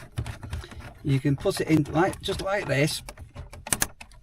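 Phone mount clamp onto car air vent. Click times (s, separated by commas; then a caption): 3.7 s, 3.8 s. Someone talks while a car phone holder's hook clamp is tightened onto the car's air vent slats to mount a phone securely, with light ticking early on. The clamp ratchets into place with sharp clicks at 3.7 s and 3.8 s, and the mount is seated on the vent.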